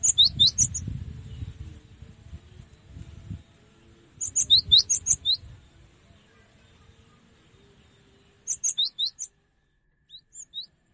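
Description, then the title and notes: Cinereous tit song: three phrases of ringing two-note figures repeated, plus a faint trailing fragment, with low rustling rumble under the first two phrases. Used for tutoring songbirds. "Masteran Gelatik Batu. burung gelatik"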